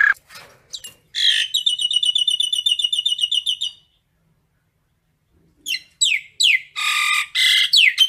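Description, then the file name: Common myna calling: a fast metallic rattling trill, then a pause and a burst of harsh, downslurred squawks and chatter. Calling the flock. "Tieng sao nau goi bay"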